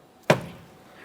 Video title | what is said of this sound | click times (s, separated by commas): How to Replace Tail Lights 2015-2019 Subaru Outback | We're listening for an audible click. | 0.3 s